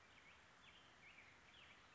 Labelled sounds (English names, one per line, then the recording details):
Black-headed Grosbeak
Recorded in Sonoma County, California